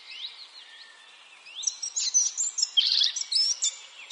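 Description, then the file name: Eurasian blackcap: warbling bird song starting with soft slurred notes, then louder bursts of bright, rapid chattering phrases. "Sylvia atricapilla"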